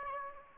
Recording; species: mosquito wingbeat signal from an infrared sensor; Aedes aegypti